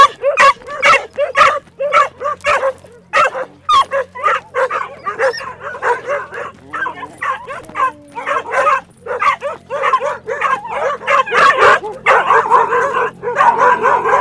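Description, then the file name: Dogs barking, a steady stream of rapid barks and yelps, swelling toward the end. Several dogs on Spetses, heard while the recordist walked through them. "Walking Through Dogs Spetses"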